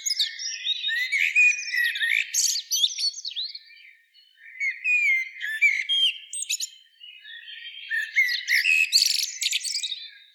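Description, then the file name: Common blackbird in busy twittering song, tangled high chirps and whistled slides coming in three bursts with short lulls. "Turdus merula"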